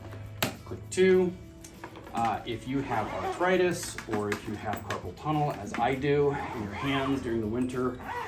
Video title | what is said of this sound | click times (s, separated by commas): Riccar Upright Vacuum Line Overview | You slide it into the bag, dock. You listen for two clicks, click one click | 0.1 s, 0.4 s